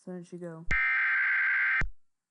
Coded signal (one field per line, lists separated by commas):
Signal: Emergency Alert System (SAME) tones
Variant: header bursts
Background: speech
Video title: EAS Mock Making 101 - EASyPLUS Tones